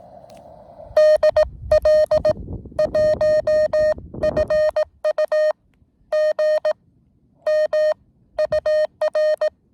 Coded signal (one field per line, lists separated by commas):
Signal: Morse code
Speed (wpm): 18 wpm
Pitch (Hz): 610 Hz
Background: none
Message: DL1FU GM UR